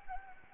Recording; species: mosquito wingbeat signal from an infrared sensor; Anopheles gambiae